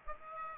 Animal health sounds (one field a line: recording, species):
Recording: mosquito wingbeat signal from an infrared sensor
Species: Aedes aegypti